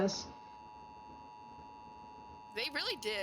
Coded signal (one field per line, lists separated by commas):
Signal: Emergency Alert System (SAME) tones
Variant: 853 and 960 Hz attention tone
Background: speech